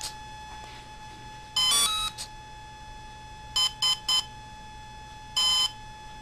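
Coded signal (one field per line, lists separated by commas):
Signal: beep code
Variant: brushless ESC startup tones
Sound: short startup tune, then three quick high beeps, then one longer beep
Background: steady electrical hum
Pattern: 3 short, 1 long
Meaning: Three beeps mean the ESC has sensed a three-cell battery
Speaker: okay so it had a little song then it had three beeps then a single beat uh you'll pretty much hear that that song at the beginning all the time the three beats means that it has sensed a three cell uh battery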